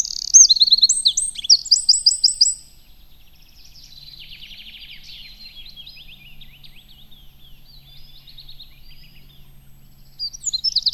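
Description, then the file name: Eurasian wren singing a loud burst of fast, shrill trills for under three seconds, then fainter chattering notes in a quiet stretch, before another loud high phrase begins at the end. "Troglodytes troglodytes"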